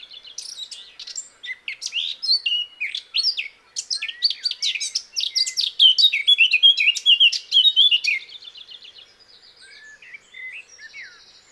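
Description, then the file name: Eurasian blackcap song: a long, tumbling warble of quick varied notes, growing louder, then tailing off into soft chatter. "Sylvia atricapilla"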